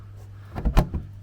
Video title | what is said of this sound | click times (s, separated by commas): Tentbox KitchenBox Review | and it just clicks into place | 0.6 s, 0.8 s